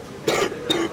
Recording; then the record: coughing mixed with background sound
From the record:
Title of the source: 60 coughing still (deep and wet cough)